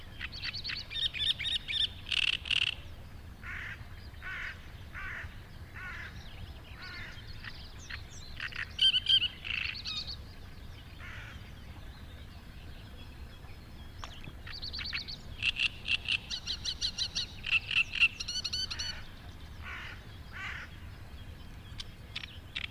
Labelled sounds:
Great Reed Warbler (Acrocephalus arundinaceus) song
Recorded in the wild
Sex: male
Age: adult
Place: Hobrechtsfelder Rieselfelder, Naturpark Barnim, Berlin, DE
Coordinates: 52.6683, 13.4678
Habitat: pond
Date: 2008-05-03
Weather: fair, ca. 15°C, weak south-westerly winds
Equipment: Sound Devices 702, Sennheiser MKH 70, Windkorb
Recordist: Frommolt, Karl-Heinz
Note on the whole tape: Großer Reinigungsteich: Gesang eines Drosselrohrsängers. Tier nicht gesehen. Entfernung ca. 20 m

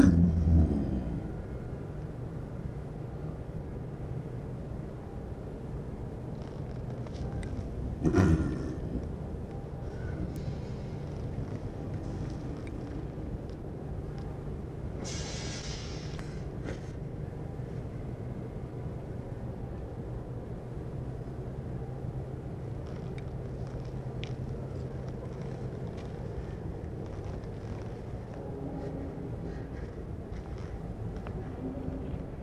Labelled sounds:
Snow Leopard (Uncia uncia) call
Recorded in captivity
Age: adult
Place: Tierpark Berlin, Berlin, DE
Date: 1965-09-22 17:00
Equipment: Grundig TK 1 Luxus, Transistorverstärker 1, GDM
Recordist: Tembrock, Günter

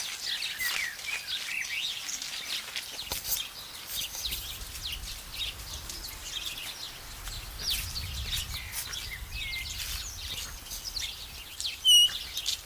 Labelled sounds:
European Starling (Sturnus vulgaris) song
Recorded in the wild
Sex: male
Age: adult
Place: Zoo Halle, Sachsen-Anhalt, DE
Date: 1999-03-30 14:49
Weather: fair, ca. 17°C
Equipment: Sony MD-WM MZ-R3, Sennheiser MKH 416 T, Kopie Uher 4000 Report Monitor
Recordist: Tembrock, Günter

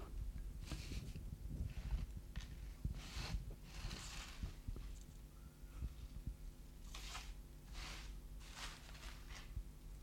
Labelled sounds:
Common Pine Vole (Microtus subterraneus) distress call
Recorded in captivity
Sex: male
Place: Wohnung, Berlin, DE
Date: 1988-09-17
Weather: Zimmertemperatur
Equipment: Tesla B 115, RFT DM 2415 (Originalband)
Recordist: Frommolt, Karl-Heinz

